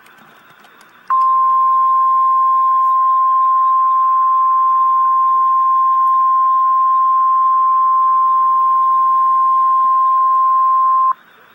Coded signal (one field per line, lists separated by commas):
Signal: Emergency Alert System (SAME) tones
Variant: 1050 Hz attention tone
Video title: REAL EAS 763-Severe thunderstorm warning